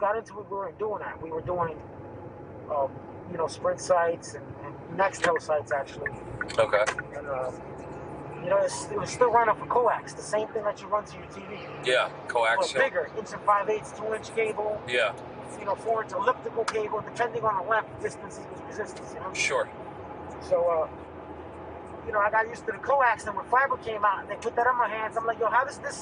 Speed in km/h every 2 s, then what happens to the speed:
39, 45, 50, 56, 63, 68, 77, 85, 90, 95, 97, 97, 98.
0-26 speeds up to 98.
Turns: none.